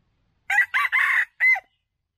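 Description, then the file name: Red junglefowl giving one rapid four-part crow: two choppy opening notes, a sustained raspy third, and a short tonal ending, in otherwise quiet surroundings. Wild male junglefowl crowing. "Tieng ga trong rung gay"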